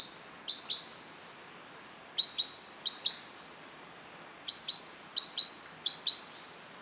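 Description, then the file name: Great tit calls: sharp, high ringing notes delivered in short quick series, three bursts with pauses between. "Parus major"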